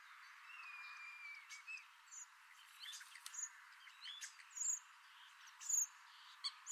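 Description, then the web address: Common starling song, soft clicks and short high whistles scattered over steady background hiss, with brighter whistled notes toward the end. "Deverinetal 2025. Bird Only"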